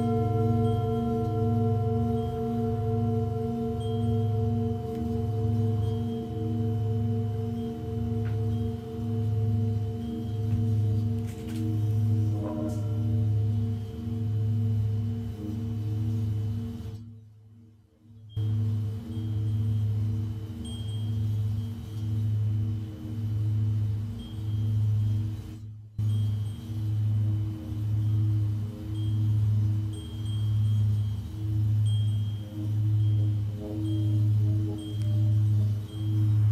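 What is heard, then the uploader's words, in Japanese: A Tibetan singing bowl drones with a deep, steady hum that pulses in a slow, even wobble, its layered ringing tones sustained throughout. Around 17 seconds the sound drops out briefly, and again for a moment near 26 seconds, before the rich hum resumes. 夜のシンギングボウルのサウンドヒーリング。チベタンシンギングボウルのサウンドヒーリングデス。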